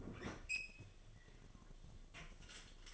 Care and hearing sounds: daily activity, microphone in the room; open fridge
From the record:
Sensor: 4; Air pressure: 1005.4 hPa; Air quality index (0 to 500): 177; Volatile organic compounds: 5 ppm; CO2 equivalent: 1738 ppm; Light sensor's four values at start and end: 6/12/5/4 and 5/10/4/3

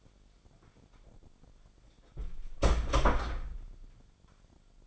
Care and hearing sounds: daily activity, microphone in the room; close door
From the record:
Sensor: 5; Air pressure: 1007.3 hPa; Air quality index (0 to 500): 166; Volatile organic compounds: 4 ppm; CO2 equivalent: 1592 ppm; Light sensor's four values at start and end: 56/157/61/61 and 56/157/61/61

